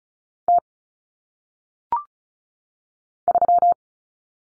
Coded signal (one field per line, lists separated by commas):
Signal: Morse code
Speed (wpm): 36 wpm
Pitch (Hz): 700 Hz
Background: none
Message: T 3